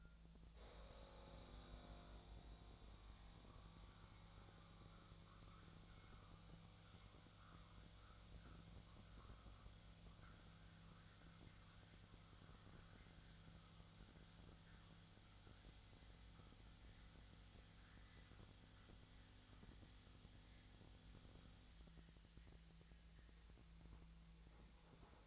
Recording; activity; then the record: daily activity, microphone in the room; make coffee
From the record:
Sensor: 3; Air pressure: 1000.3 hPa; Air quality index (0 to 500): 148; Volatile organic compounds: 2 ppm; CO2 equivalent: 1305 ppm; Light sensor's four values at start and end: 37/91/39/42 and 37/91/39/42